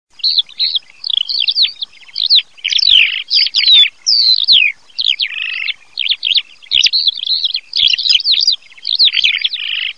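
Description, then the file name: Eurasian skylark song, a rapid stream of high warbling, trilling and chirping phrases with brief gaps between them. "allodola"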